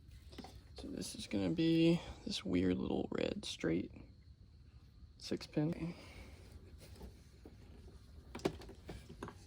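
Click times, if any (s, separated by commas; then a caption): 8.4 s, 9.2 s. Someone talks while a small red straight six-pin electrical plug is pushed onto the throttle position sensor of a 2004 Dodge Ram during a 4.7L to 5.7L HEMI engine swap. Faint clicks are heard at about 8.4 s and 9.2 s as the connector seats.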